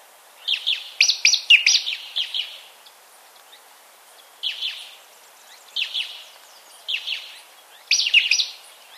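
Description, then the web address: Beautiful jay with a cluster of scratchy, rasping notes early on, then several spaced single harsh calls. Ecuador. "Birds of Ecuador. Beautiful Jay"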